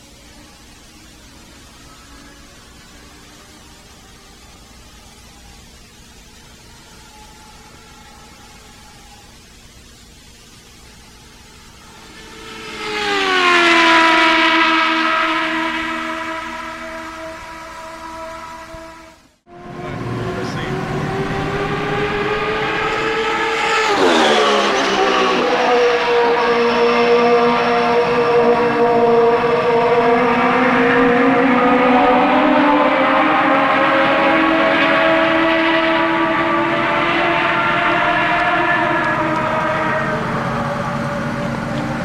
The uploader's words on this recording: Pre-season testing for CART IndyCar Series teams at the one-mile Phoenix International Raceway oval where the glorious 2.65-liter turbocharged V8 engines rage. Cars from the Toyota Atlantic Championship and Indy Lights take turns lapping the daunting bullring.